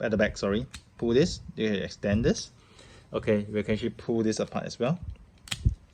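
Someone talks while pulling apart and extending the metal-and-plastic bazooka barrel section of a Bandai Metal Build Gundam Dynames Repair III collectible figure. A sharp click is heard at 5.5 s as the extension locks into its ratchet teeth and seats.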